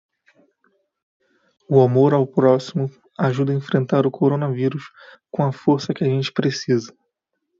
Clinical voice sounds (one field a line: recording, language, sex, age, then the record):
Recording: spoken sentence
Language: Brazilian Portuguese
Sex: male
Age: 20 to 29 years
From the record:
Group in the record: control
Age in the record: 26 years